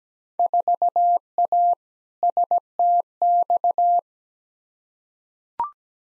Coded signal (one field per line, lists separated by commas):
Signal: Morse code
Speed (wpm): 17 wpm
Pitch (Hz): 700 Hz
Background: none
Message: 4A STX